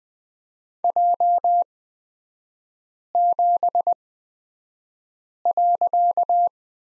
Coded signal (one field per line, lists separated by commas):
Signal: Morse code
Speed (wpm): 20 wpm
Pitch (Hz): 700 Hz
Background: none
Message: J7.